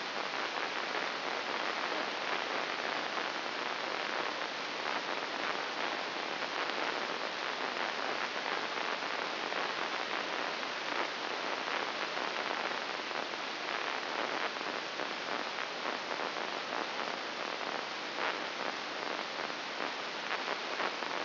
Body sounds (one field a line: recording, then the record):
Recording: brain microelectrode recording played as sound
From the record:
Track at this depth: inside the subthalamic nucleus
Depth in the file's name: 3.802 mm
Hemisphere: right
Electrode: 2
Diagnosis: Parkinson's disease